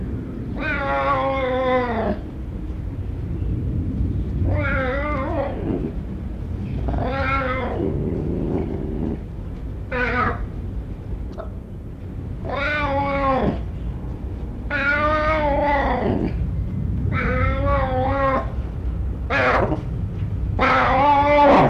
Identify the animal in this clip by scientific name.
Leopardus pardalis